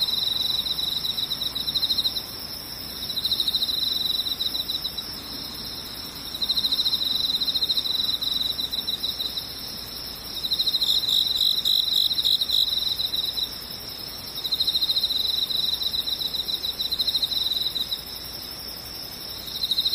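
Insects trill in a dense, high, continuous chirring that swells in bursts roughly every four seconds, over a faint low hiss.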